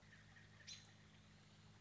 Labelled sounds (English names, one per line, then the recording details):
American Robin
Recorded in Sonoma County, California